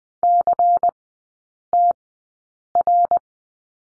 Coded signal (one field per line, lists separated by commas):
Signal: Morse code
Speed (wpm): 20 wpm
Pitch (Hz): 700 Hz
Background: none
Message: CTR